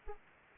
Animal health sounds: mosquito wingbeat signal from an infrared sensor; Anopheles arabiensis

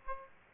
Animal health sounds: mosquito wingbeat signal from an infrared sensor; Aedes aegypti

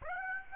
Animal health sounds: mosquito wingbeat signal from an infrared sensor; Aedes aegypti

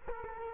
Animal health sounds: mosquito wingbeat signal from an infrared sensor; Culex quinquefasciatus

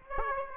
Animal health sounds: mosquito wingbeat signal from an infrared sensor; Aedes aegypti

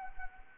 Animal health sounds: mosquito wingbeat signal from an infrared sensor; Anopheles arabiensis

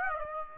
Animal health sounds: mosquito wingbeat signal from an infrared sensor; Aedes aegypti

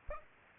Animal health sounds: mosquito wingbeat signal from an infrared sensor; Aedes aegypti

